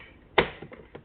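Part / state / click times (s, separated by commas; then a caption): plastic bezel in door panel / seated / 0.4 s. A plastic bezel that goes around the interior door lever/handle of a 2013–2016 Nissan Altima is slid in with its clip down inside the door panel and worked into place. A sharp, loud click at 0.4 s marks the clip locking into the panel, followed by two faint taps near 0.7 s and 1.0 s. The bezel is seated.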